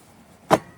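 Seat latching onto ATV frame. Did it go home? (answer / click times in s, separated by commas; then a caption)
yes / 0.5 s. An ATV seat, a Coolster 3125XR8U2, is set back onto the frame and struck in the center with a palm heel strike so its latch engages. A single sharp, loud hit sounds at 0.5 s against a quiet background, and the seat latches in place.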